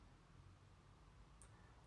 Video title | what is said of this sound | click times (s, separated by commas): How to open your PlayStation 5 | and just click once | 1.4 s